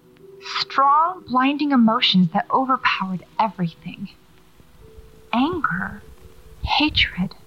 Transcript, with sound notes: strong, blinding emotions that overpowered everything.
[Static rises]
Anger. Hatred.